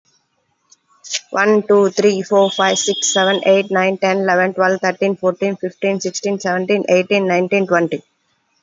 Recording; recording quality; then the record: counting at a fast pace; moderate, slight background noise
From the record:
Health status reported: COVID-19 positive, mild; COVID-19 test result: positive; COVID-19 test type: rapid antigen test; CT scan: not taken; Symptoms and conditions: cough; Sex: female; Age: 31 years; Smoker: no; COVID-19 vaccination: none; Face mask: not worn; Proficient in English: yes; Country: India